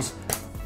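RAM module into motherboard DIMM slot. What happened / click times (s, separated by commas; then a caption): The module clicked into its slot / 0.3 s. A RAM memory stick is pressed into a motherboard DIMM slot, with a low steady background hum underneath. A sharp, short click sounds at 0.3 seconds as the module snaps home and seats fully.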